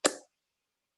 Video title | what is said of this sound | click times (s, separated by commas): iBUG Buzz Episode 498 August 23, 2021 | i'm going to go ahead and snap it so you can hear it so | 0.1 s